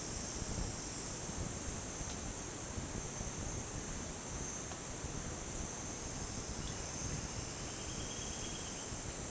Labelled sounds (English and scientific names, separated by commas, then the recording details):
none
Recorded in dense forest near Puerto Asís, Putumayo, Colombia, on 13 March 2025 at 09:00
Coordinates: 0.486, -76.317
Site G053